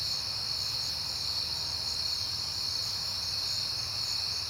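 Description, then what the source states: Cricket chorus, a constant high shimmering trill without pause, with a soft low hum underneath. Crickets recorded on a peaceful night in September; the recordist has been hearing them a lot lately.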